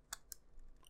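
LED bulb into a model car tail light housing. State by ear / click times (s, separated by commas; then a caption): not seated / none. A small LED is pushed with tweezers into the oiled cavity of a plastic rear tail light housing on a Ghostbusters Ecto-1 scale model car, a job that takes effort. Two sharp, bright ticks sound at about 0.1 and 0.3 s over quiet handling noise, with a fainter tick near 0.9 s. The LED has not yet seated or clicked home into the housing.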